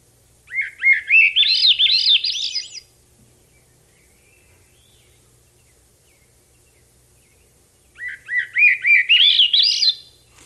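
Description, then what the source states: Swainson's Thrush song, two upward-spiraling phrases, each rising in pitch toward the end, with a long quiet gap between. Three phrases excerpted from a longer recording, each slightly different, showing individual variation.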